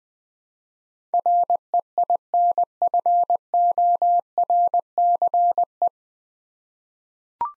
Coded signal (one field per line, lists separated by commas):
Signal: Morse code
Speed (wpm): 21 wpm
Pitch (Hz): 700 Hz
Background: none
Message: REINFORCE